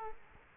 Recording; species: mosquito wingbeat signal from an infrared sensor; Culex quinquefasciatus